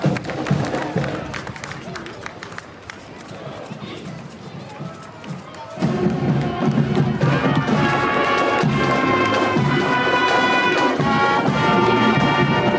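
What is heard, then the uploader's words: Crowd chatter and footsteps at the Memorial Day parade on College Ave give way around six seconds to a loud, steady band with sustained tones. Listen to the soundscape of the Memorial Day parade on College Ave in Downtown Appleton.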